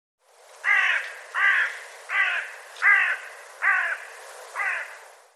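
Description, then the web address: Bird giving six rough cawing notes at an even pace, roughly one every 0.75 seconds, the last slightly softer. "cianscape birddata Deverinetal 2025 File cleaned normalized Bird"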